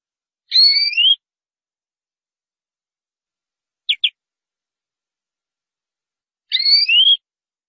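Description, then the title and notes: Canary song: a two-voiced whistled phrase, a quick double chip, then the whistled phrase repeated. "BM Suara Kenari. BM Suara Burung Kenari"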